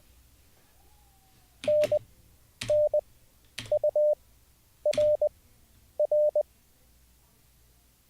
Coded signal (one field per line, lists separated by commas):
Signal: Morse code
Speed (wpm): 20 wpm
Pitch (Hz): 600 Hz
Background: none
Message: N N U R R